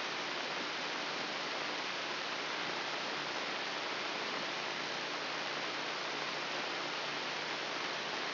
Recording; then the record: brain microelectrode recording played as sound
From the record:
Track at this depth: inside the subthalamic nucleus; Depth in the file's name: 4.307 mm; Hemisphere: left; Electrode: 3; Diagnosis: Parkinson's disease